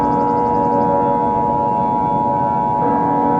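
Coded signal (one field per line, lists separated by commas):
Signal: Emergency Alert System (SAME) tones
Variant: 853 and 960 Hz attention tone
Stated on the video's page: Fictional EAS scenario made with CapCut and other apps, not a real alert.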